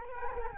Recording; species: mosquito wingbeat signal from an infrared sensor; Culex quinquefasciatus